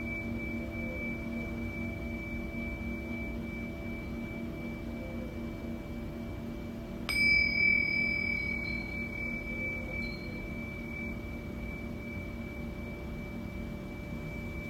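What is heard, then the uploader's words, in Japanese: A singing bowl's steady high ring hangs over a low hum, and a single bright strike around seven seconds blooms and slowly fades. チベタンシンキングボールのサウンドヒーリング。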